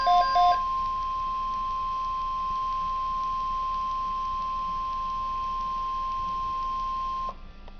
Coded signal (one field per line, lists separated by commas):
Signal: Emergency Alert System (SAME) tones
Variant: 1050 Hz attention tone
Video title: Real NOAA Weather Radio EAS Alerts #22 and #23